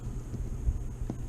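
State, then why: Not seated. A swappable plastic glowing fist is lined up on the wrist peg of a Marvel Legends Iron Fist action figure and pushed on. Over a low, steady hum, faint handling noises and a brief soft tap around 1.1 s are heard. Nothing has seated yet when the clip ends.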